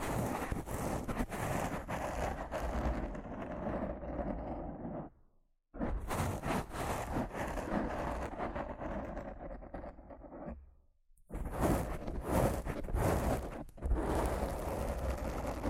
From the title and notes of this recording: ASMR Rough Mic Scratching & Brushing (No Talking).